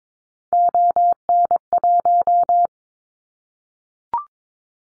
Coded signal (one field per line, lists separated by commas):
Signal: Morse code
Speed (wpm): 22 wpm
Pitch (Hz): 700 Hz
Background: none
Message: ON1